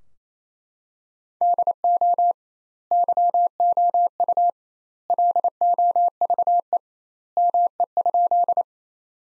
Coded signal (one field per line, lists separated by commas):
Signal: Morse code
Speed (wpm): 28 wpm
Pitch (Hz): 700 Hz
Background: none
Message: DO YOU LOVE ME?